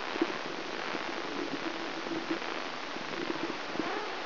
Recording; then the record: brain microelectrode recording played as sound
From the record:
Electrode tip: inside the subthalamic nucleus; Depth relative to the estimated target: -2 mm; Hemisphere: left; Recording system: AlphaMap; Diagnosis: Parkinson's disease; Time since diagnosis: 10 years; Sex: male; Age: 47 years